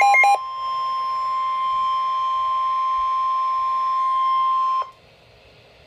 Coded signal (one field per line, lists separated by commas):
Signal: Emergency Alert System (SAME) tones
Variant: 1050 Hz attention tone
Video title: Severe Thunderstorm Warning - EAS #506